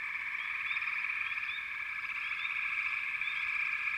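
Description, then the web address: Dense frog chorus, steady buzzing trills with quick rising chirps coming in loose clusters several times a second. "Natures Songs Nature Sounds Sounds of Nature Collection 28 Frog Chourus"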